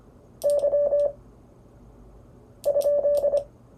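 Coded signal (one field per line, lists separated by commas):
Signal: Morse code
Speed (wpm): 25 wpm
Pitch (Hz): 580 Hz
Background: none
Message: Y?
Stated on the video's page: Morse illustrating a typical first CW QSO on the air.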